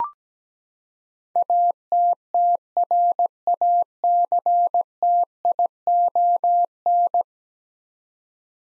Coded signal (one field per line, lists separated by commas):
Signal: Morse code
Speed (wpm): 17 wpm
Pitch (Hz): 700 Hz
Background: none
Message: ATTRACTION